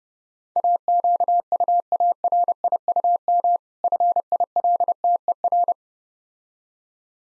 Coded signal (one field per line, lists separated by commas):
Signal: Morse code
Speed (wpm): 32 wpm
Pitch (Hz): 700 Hz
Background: none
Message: AQUARIUM FILTER